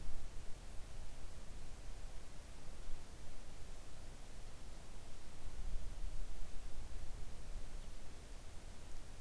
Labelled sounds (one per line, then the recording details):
near silence
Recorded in the Arctic National Wildlife Refuge, Alaska, on 3 August 2019 at 05:32
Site 41